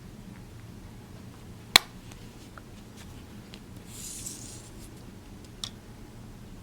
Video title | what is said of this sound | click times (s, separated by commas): Crochet Rooster Applique Tutorial | so once you push them down really hard you'll hear them click | 1.8 s